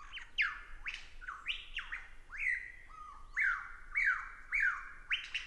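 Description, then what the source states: Superb lyrebird song: loud, varied whistled phrases, many sweeping down from high notes, with ringing slurred notes repeated in quick, irregular succession. Male singing and displaying on his mound to attract and impress females, in forest near the southeastern corner of Australia.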